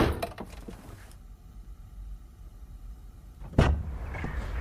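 The door of a very small car slams shut with a single heavy, low thump, preceded by a few quieter clicks and rustles of people climbing in. Faint steady hum underneath, no talking.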